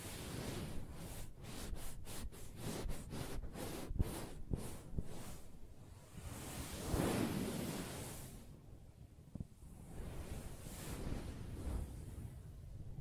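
Soft fabric is tapped and scratched, with quick regular brushing strokes for six seconds, then a slower swelling rub and scattered light taps.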